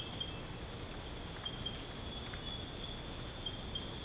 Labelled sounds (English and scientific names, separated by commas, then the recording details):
none
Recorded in dense forest near Puerto Asís, Putumayo, Colombia, on 22 December 2024 at 01:30
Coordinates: 0.481, -76.323
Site G100